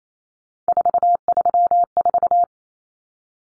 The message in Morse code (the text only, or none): 434